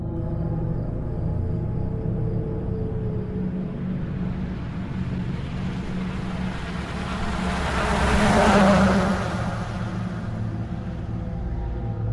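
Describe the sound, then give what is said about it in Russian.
A steady low traffic rumble runs throughout, then several cars speed past, one with a broad whoosh that swells to a loud peak and quickly fades back into the drone. “Спустя несколько часов несколько автомобилей пронеслись мимо бредущей в беспамятстве девушки.”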